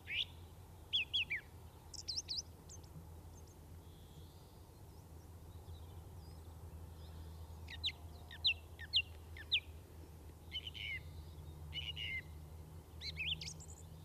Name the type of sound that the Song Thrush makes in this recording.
song